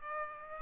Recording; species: mosquito wingbeat signal from an infrared sensor; Aedes aegypti